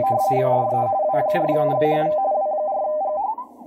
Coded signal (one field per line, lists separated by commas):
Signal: RTTY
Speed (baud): 45.45 baud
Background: speech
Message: DE W4GHV W4GG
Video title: Elecraft KX3 with PX3 retrofit by RadioSet-GO